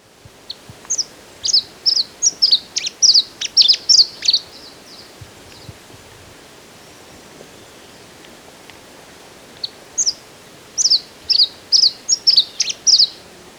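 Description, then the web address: Glossy flowerpiercer calling in two bursts of high, thin chips and twitters, a quick jumbled run, a pause of several seconds, then another rapid series. In Ecuador. "Natures Songs S America Birds of Ecuador. Glossy Flowerpiercer"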